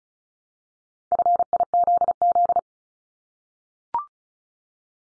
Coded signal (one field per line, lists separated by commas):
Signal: Morse code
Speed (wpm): 36 wpm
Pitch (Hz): 700 Hz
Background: none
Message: FIZZ